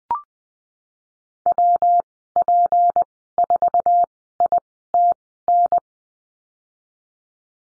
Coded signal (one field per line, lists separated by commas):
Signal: Morse code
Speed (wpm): 19 wpm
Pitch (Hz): 700 Hz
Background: none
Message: WP4ITN